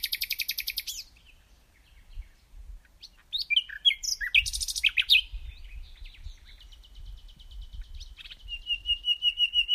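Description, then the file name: Common nightingale song: a buzzy high rattle, then varied sweeping notes, a steady fast run of soft ticking notes, and a closing series of piping whistles. "Luscinia megarhynchos"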